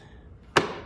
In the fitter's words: that locks in place just fine so now we're gonna run a few cuts through here